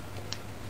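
A shotgun shell is pressed up into the magazine tube of an Akkar Altay Competition shotgun until the shell latch clicks. A single sharp, brief tick sounds at 0.3 s over a low, steady hum. The shell is seated in the tube.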